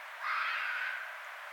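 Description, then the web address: Red fox giving a single hoarse, drawn-out scream lasting about a second, over a faint hiss. Recorded 6 February 2012. "Red Fox 2012 02 06 Red Fox"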